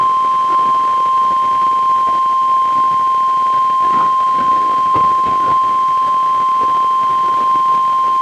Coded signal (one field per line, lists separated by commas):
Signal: Emergency Alert System (SAME) tones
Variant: 1050 Hz attention tone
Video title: EAS #905: NWR Required Weekly Test- Jan. 17, 2024- 12:00PM PST